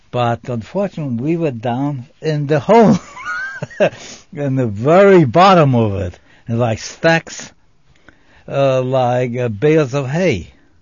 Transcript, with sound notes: But, unfortunately, we were down in the hold. [Laughs] In the very bottom of it. And like stacks --- like bales of hay.